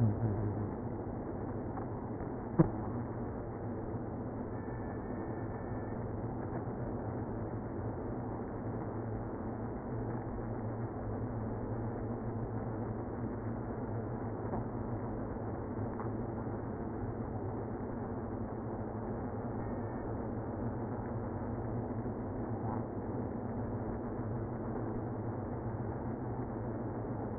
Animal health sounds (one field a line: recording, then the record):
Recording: honeybee colony, microphone inside the hive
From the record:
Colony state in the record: queenless (queen removed)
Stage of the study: after two queens were removed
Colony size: about 60,000 bees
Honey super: yes